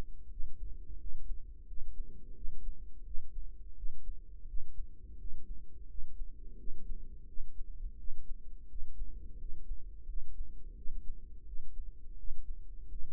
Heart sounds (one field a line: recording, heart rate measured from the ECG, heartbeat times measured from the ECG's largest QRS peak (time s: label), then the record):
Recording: heart sounds by microphone in the right ear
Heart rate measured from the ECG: 86 bpm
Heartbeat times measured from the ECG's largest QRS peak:
0.30 s: heartbeat
0.98 s: heartbeat
1.66 s: heartbeat
2.34 s: heartbeat
3.04 s: heartbeat
3.75 s: heartbeat
4.46 s: heartbeat
5.18 s: heartbeat
5.88 s: heartbeat
6.57 s: heartbeat
7.27 s: heartbeat
7.97 s: heartbeat
8.68 s: heartbeat
9.38 s: heartbeat
10.06 s: heartbeat
10.75 s: heartbeat
11.45 s: heartbeat
12.16 s: heartbeat
12.88 s: heartbeat
From the record:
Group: healthy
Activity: rest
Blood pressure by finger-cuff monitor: 122/78 mmHg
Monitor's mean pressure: 92 mmHg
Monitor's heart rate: 86 bpm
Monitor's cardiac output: 5.9 L/min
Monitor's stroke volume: 68 mL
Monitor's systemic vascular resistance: 1140 dyn s/cm5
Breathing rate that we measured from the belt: 14 breaths a minute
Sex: female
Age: 43 years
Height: 160 cm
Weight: 90 kg